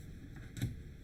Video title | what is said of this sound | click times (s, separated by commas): Graduation Hat Card Box - Large 3D | and then it just snaps back in place. | 0.6 s